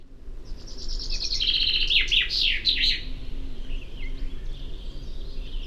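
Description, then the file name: Common chaffinch song, one bright phrase of descending trilled notes ending in a quick flourish, over a steady low rumble of background noise. "Fringilla coelebs"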